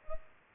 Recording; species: mosquito wingbeat signal from an infrared sensor; Culex pipiens